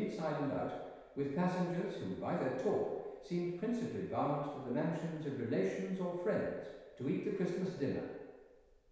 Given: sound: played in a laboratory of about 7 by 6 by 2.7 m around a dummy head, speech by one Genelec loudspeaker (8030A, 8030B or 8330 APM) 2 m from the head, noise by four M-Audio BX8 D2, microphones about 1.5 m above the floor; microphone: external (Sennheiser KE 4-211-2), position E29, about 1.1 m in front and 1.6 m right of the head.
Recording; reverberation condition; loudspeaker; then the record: male speech in English; high; in front (0 degrees)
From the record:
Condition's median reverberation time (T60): about 1300 ms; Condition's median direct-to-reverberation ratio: about -4.0 dB